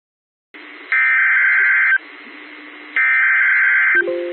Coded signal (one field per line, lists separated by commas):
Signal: Emergency Alert System (SAME) tones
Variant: header bursts